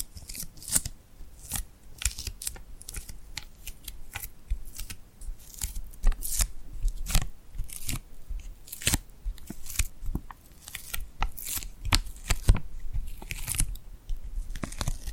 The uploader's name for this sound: ASMR Tingly Glued Hand Sounds